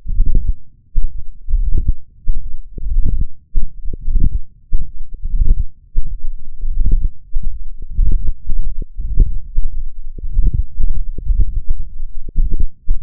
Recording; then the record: forearm muscle sounds (acoustic myography)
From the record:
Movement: hand closing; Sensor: system 1, eight BSWA MPA416 microphones around the upper forearm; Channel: 8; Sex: male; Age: 21 years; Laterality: right